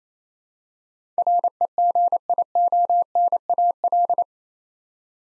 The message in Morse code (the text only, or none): REGIONAL